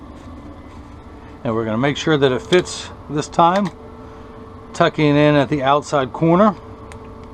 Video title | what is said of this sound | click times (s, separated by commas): RayBan 4147 with Transitions Green Lenses with Crizal Avance | then pushing down at the nose it snaps right in | 6.9 s